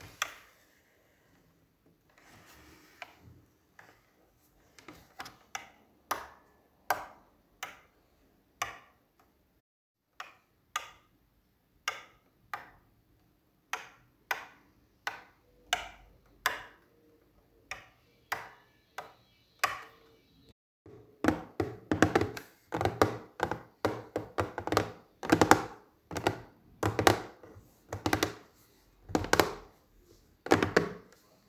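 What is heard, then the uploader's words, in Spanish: Tapping with a coffee cup: short, sharp knocks come one at a time, sparse at first, then settling into a fairly even pace. After about twenty seconds the taps grow louder and fuller, with a faint rustle between them. Tapping tomando cafecito.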